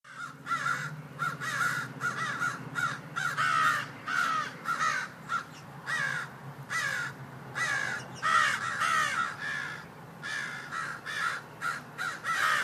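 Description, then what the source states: Crows cawing repeatedly in a loud, harsh, overlapping chorus of many birds, with a faint low engine hum beneath. Crows mobbing a hawk hiding in a pine tree after it snatched a baby crow; motorcycle passing in the distance.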